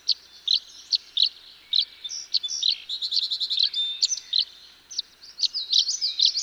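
Tree swallow twittering: bright high chirps mixed with gurgling, bubbling notes that swell into a denser chatter midway, then return to spaced chirps.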